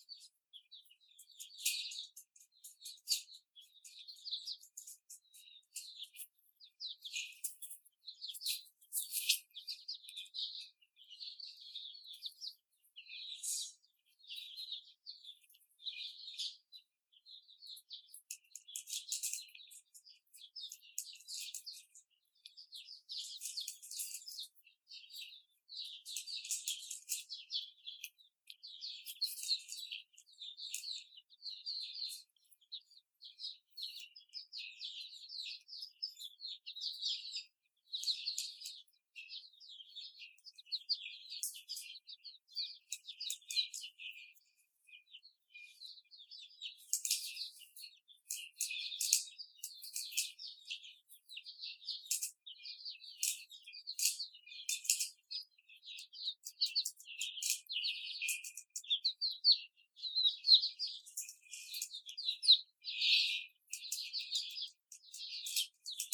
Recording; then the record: young laying hens in a cage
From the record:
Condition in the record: before the stressor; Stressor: simulated dog barking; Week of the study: 4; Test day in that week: 2